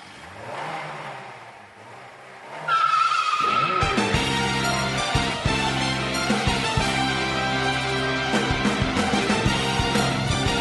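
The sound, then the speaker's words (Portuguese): A car engine hums and sweeps past, then tires let out a sharp, high squeal before a loud, sustained roar takes over with steady rhythmic pulses. “Olha o som de carro, é.”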